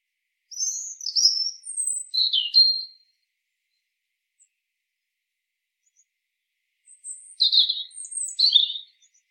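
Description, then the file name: European robin song in two separate bursts of high, varied twittering notes, the second starting about four seconds after the first ends, with silence between. "Erithacus rubecula"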